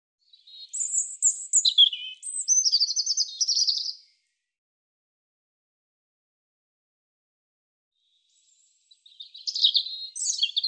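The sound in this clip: European robin song: a long, high phrase of thin whistles and fluttering trills lasting about four seconds, followed by silence and another phrase starting near the end.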